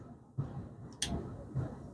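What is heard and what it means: A crimped wire terminal is pushed into a plastic automotive connector housing and seats with a sharp, bright click at 1.0 s. Soft low handling noise comes before and after the click, and the terminal is confirmed seated.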